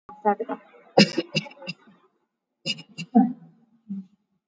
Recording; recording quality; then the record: shallow voluntary cough; moderate, slight background noise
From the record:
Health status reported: COVID-19 positive, mild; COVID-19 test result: positive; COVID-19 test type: RT-PCR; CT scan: taken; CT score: 8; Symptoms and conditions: cough, sore throat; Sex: female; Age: 30 years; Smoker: no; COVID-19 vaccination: both doses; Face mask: worn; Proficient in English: yes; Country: India